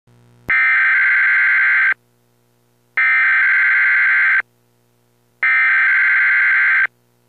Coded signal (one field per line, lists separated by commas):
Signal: Emergency Alert System (SAME) tones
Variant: header bursts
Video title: EAS Test: Polk, FL (Mock)